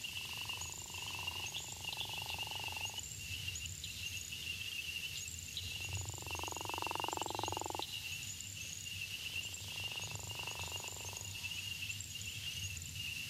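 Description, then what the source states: Gopher frog snores in three bouts, the middle one loudest, each a harsh pulsing rattle lasting about one and a half to three seconds, against constant high insect chirping. Florida, dry sandy habitats; call is a distinctive snore; breeds in winter and early spring in northern Florida, after heavy rains in May and June in south Florida.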